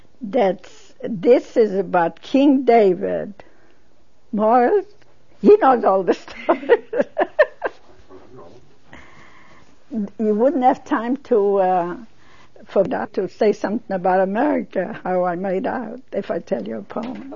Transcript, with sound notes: That, this is about King David. Morris,, he knows all this. (They laugh.) You wouldn't have time to, uh, for me to say something about America, how I mad out, if I tell you about it.